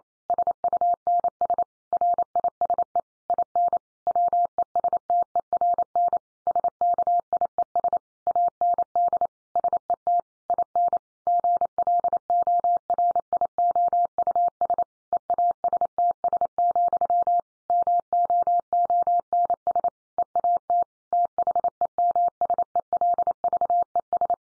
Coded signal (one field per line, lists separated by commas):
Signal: Morse code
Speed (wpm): 28 wpm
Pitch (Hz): 700 Hz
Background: none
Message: SUNS RISE IN WESTERN SKIES AND SET IN GLORIOUS EASTS, MOONS EAT THEMSELVES